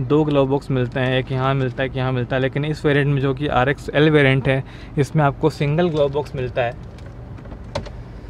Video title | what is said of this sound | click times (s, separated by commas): Triber RXL - Detailed overview - Renault | ये एकदम खटाक से नीचे गिरने वाला ग्लव बॉक्स है, और ये कूल्ड नहीं है ऑब्वियसली। | 7.8 s